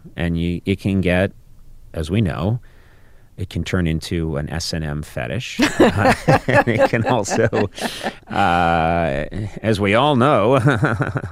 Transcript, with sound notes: And it can get - as we know, it can turn into an S&M fetish.
(LAUGHTER)
And it can also, as we all know